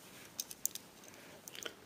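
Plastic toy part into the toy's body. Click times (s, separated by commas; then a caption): 0.7 s. A plastic part of a DOTM Cyberverse playset toy is clipped into its socket on the toy's body during its transformation. Short sharp plastic clicks and taps sound around 0.4, 0.5, 0.8, 1.5 and 1.7 seconds, with the loudest snap at 0.7 seconds as the part seats into place.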